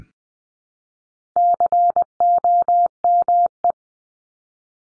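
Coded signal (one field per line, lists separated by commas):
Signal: Morse code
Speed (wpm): 20 wpm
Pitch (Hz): 700 Hz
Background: none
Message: COME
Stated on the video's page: Head-copy drill at 20 wpm: each of the top 100 words ending in ING or its root word is sent in Morse, spoken, then sent again.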